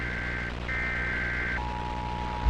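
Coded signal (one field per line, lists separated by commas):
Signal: Emergency Alert System (SAME) tones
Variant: header bursts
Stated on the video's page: Fictional EAS scenario depicting a hijacked national EAS test.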